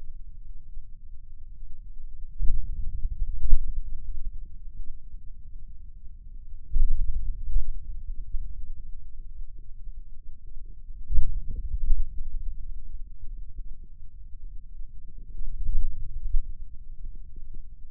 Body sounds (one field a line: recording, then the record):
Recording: forearm muscle sounds (acoustic myography)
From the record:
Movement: hand opening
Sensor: system 2, bracelet of six BSWA MPA416 microphones around the upper forearm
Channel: 1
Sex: male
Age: 22 years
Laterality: right